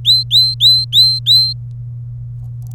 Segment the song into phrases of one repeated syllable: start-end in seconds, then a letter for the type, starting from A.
0.05-1.53 A